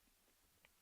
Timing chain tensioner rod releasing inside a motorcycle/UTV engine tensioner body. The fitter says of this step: You can barely hear the click when the circlip snaps free from the ledge on the tensioner rod.